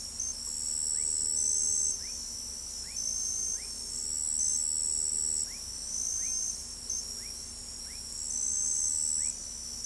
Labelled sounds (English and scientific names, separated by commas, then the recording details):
none
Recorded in pastures near Pivijay, Magdalena, Colombia, on 3 June 2023 at 02:30
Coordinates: 10.456, -74.369
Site P6-G026